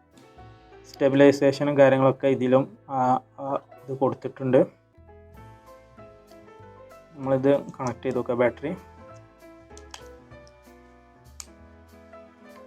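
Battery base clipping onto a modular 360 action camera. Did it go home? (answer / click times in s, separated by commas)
yes / 11.4 s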